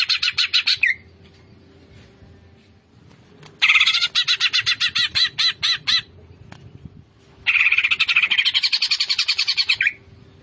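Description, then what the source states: Greater green leafbird song: three long bouts of rapid, harsh, buzzy pulsed chatter separated by quiet pauses, over a steady low hum. Greater green leafbird singing vigorously (gacor).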